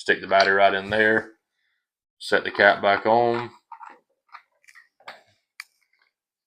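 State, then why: Seated. A battery compartment cap on an AGM Fuzion TM35-384 thermal monocular is set back on over the inserted battery and given an eighth of a turn so it locks. Someone talks, then small handling clicks and taps follow. The cap seats with a sharp click at 5.6 s.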